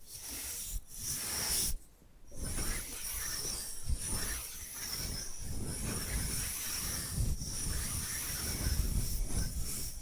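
Dense, continuous scratching and brushing on bamboo with soft taps, pausing briefly near two seconds, over a steady thin high whine throughout.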